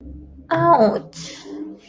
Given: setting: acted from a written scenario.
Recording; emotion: vocal sound without words; pain